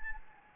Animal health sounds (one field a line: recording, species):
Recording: mosquito wingbeat signal from an infrared sensor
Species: Anopheles gambiae